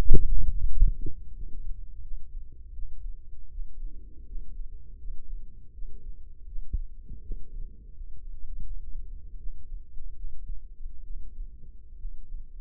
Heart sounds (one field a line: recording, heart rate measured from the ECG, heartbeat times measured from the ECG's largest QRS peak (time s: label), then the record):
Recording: heart sounds by microphone in the left ear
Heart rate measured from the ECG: 79 bpm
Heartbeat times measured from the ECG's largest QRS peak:
0.62 s: heartbeat
1.32 s: heartbeat
2.00 s: heartbeat
2.72 s: heartbeat
3.49 s: heartbeat
4.24 s: heartbeat
4.97 s: heartbeat
5.72 s: heartbeat
6.45 s: heartbeat
7.20 s: heartbeat
7.92 s: heartbeat
8.63 s: heartbeat
9.37 s: heartbeat
10.14 s: heartbeat
11.03 s: heartbeat
11.97 s: heartbeat
From the record:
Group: healthy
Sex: male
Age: 35 years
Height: 178 cm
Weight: 64 kg